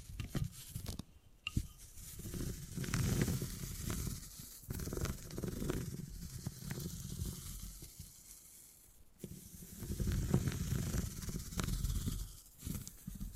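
Beeswax is squeezed and rubbed in slow, swelling passes, with soft low rubbing that rises and fades every few seconds. Over it run bright, sizzling crackles and sharp ticks, and there are brief quiet gaps near 1.5 and 9 seconds.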